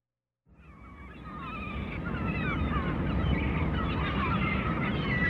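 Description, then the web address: A crowd of gulls fades in, giving repeated wavering mewing cries that overlap one another, backed by a constant deep rushing rumble. "Madacy Music Group Inc 292 Sound Effects. Sea Gulls"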